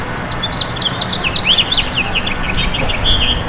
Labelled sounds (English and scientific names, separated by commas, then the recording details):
House Finch (Haemorhous mexicanus) song
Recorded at Bay Shore on Long Island, New York, on 29 May 2013
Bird H